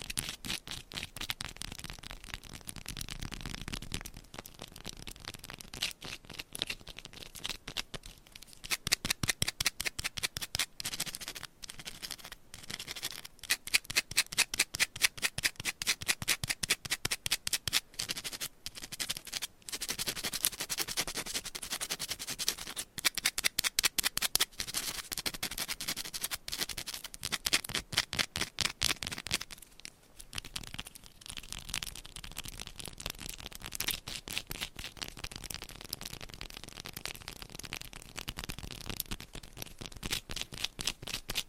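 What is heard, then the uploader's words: Fast, dense tapping and scratching with nails on items, crisp, in rapid clicky bursts with brief pauses near 4 and 30 seconds. ASMR Fast & Aggressive Tapping & Scratching with Different Mics Items & Nails No Talking.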